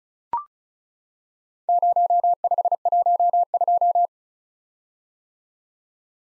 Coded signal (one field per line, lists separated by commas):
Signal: Morse code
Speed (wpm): 36 wpm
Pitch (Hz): 700 Hz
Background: none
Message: 0512